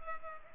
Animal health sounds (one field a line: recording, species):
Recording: mosquito wingbeat signal from an infrared sensor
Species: Culex pipiens